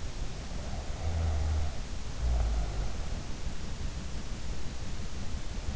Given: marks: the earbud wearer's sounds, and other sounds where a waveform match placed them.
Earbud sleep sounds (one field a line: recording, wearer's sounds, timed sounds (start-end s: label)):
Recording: sounds in sleep by an in-ear microphone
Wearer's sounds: snoring breath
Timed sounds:
0.31-3.24 s: snoring breath